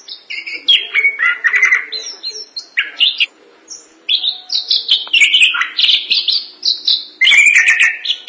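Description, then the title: Thrush song of loud, varied whistled phrases and rapid chattering warbles, pausing briefly midway before resuming strongly. "burung anis"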